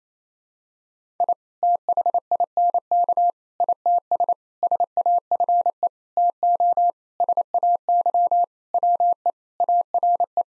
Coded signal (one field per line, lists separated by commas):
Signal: Morse code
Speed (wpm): 28 wpm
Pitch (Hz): 700 Hz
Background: none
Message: I THINK ITS SAFE TO SAY WE ARE